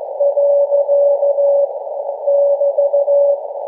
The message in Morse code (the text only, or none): . <BT>